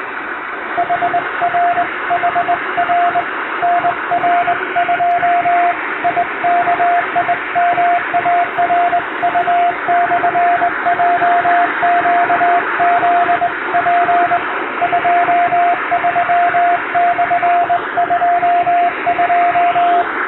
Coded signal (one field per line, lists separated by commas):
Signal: Morse code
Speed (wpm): 20 wpm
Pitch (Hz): 700 Hz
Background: radio noise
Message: HR HR NR2 IKIMARU/JQZP 23/22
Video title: 通信技術の原点、最古のデジタル技術！モールスを後世に継承しよう！欧文ＣＷを縦振り電鍵で叩きました。生身のモールスでアマチュア無線の練習をしてみませんか(morse code practice )